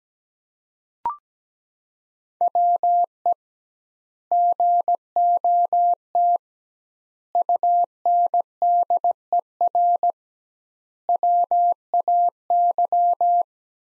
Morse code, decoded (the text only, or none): WE GOT UNDER WAY